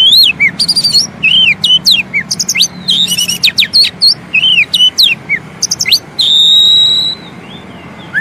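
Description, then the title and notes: Oriental magpie-robin song: varied whistles, clicks and buzzy chatter, then a long steady high whistle, faint hum in the background. Long-duration song intended for training birds, played day and night. "Kacer Jadi Gacor Siang Malam. Isian Kacer Durasi Panjang"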